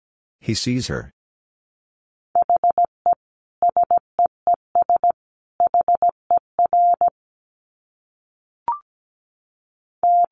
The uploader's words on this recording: Dit Challenge 17wpm. These are short phrases that contain almost all dits in Morse code. I used the letters e, i, s, h, and the number 5 almost entirely. First, the word is sent in Morse code.